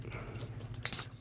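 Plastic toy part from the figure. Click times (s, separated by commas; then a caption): 0.8 s. A plastic part is pushed at its release point and pops off a Transformers Revenge of the Fallen Deluxe Dead End toy figure. A sharp snap sounds at 0.9 s, with a second quick tick right after, over a low steady hum and faint small handling taps. The part comes off, released from the figure.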